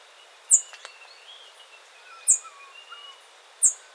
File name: pale headed brush finch